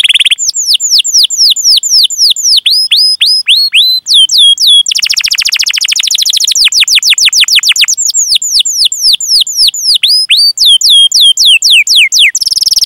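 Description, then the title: Canary singing a long varied phrase: chains of falling whistled notes, a fast buzzy roll midway, then renewed rapid downslurred trills. Canary singing actively, with the best varied phrases and richest song fill. "Kenari Gacor Cengkok Terbaik Isian Paling Mewah"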